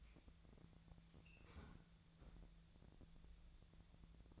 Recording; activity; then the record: daily activity, microphone in the room; close fridge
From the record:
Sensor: 3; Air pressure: 1000.1 hPa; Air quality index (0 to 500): 130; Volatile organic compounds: 2 ppm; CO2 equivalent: 1162 ppm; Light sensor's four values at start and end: 43/109/46/51 and 43/109/46/51